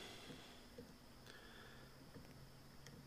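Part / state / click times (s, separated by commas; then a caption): wire terminal pin into ECU harness connector / not seated / none. A wire terminal pin is handled and lined up with the cavity of an ECU harness connector, before being pushed home. Only small ticks are heard, near 1.3 s and 2.9 s, and the pin has not seated or clicked yet.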